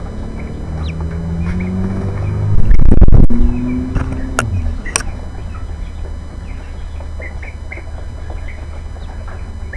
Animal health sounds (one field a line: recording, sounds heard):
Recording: poultry house recording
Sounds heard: background noise or bird activity such as feeding and pecking